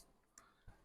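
A pellet magazine sits in the breech of a BSA R-10 SE air rifle after its small nub has gone in first without any click, and the part holding it is pushed forward. A sharp tick sounds at 0.4 s, followed by a low thud near 0.7 s. The magazine is locked in and secure.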